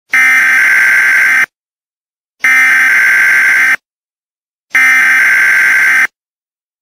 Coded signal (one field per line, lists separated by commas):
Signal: Emergency Alert System (SAME) tones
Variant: header bursts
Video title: EAS Mock Scenario: Togera Retreats